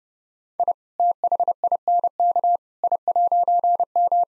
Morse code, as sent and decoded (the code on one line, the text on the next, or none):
.. / - .... .. -. -.- / .. .----. --
I THINK I'M